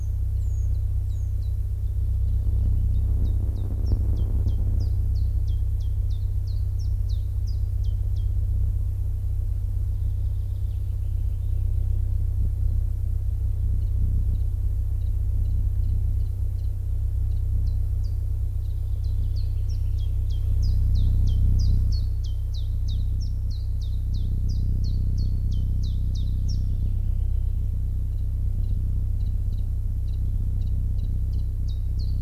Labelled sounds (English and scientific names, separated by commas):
Common Chiffchaff (Phylloscopus collybita) song